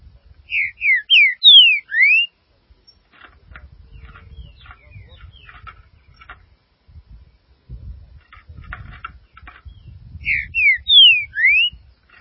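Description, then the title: Green-winged saltator song: a phrase of four loud, downslurred whistles given twice, with quiet ticking and low rumbling noise in the long gap between. "Trinca Ferro"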